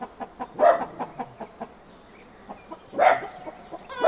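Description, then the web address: Chicken: soft repeated clucks with a few louder harsh squawks. Farmyard ambience with chickens; traffic-free background; sound effects library recording. "Hollywood Edge Historical Series cd 5 Traffic Free BG's Farmyard With Chickens Ducks"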